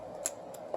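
During a glass-only repair on a Samsung Galaxy S6 Active, the side button is pressed back into the phone frame and clipped in. A sharp, bright click at 0.3 s marks the button seating, followed by a softer tick at 0.7 s.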